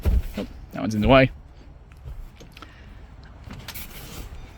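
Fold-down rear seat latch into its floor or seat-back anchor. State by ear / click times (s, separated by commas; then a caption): not seated / none. Someone talks while the third-row folding seat of a 2019 Mitsubishi Pajero Sport GLS 4x4 7-seater, which was in the way, is handled to push it back toward its floor or seat-back anchor. Brief sharp handling noises follow at about 2.6 and 3.7 seconds. Nothing has seated or clicked yet; the seat's metal latch has not engaged.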